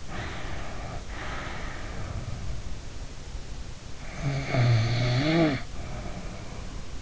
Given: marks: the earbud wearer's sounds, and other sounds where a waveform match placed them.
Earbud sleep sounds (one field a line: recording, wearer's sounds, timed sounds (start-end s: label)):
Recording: sounds in sleep by an in-ear microphone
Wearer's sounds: breath, snoring breath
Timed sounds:
0.18-2.19 s: breath
4.21-7.02 s: snoring breath